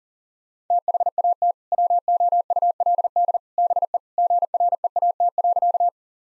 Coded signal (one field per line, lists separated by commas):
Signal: Morse code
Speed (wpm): 37 wpm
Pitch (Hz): 700 Hz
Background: none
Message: THAT WOULD BE GREAT.